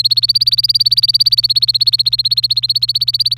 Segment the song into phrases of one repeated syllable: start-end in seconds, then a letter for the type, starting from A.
0.00-3.37 A